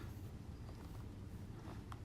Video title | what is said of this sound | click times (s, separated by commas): Removing and replacing the Door Panel on a Chevy Equinox | put that in the front here hook it in and snaps right in the holes make sure you go all the way down around | 1.9 s